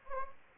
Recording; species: mosquito wingbeat signal from an infrared sensor; Anopheles gambiae